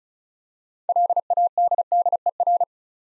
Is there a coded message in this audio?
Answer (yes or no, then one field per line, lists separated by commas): yes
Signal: Morse code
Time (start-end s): 0.9-2.6 s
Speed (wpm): 36 wpm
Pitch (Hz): 700 Hz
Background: none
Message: LADDER